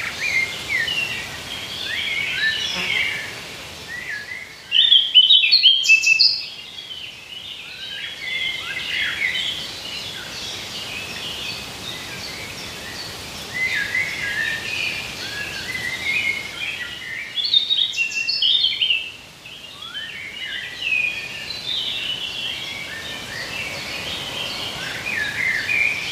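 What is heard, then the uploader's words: Outdoors in the woods, a dense chorus of many birds chirps and twitters continuously at high pitch, layered and overlapping. A louder burst of calls stands out around five to six seconds and again near seventeen to nineteen, over a soft steady background hush. IN THE WOODS.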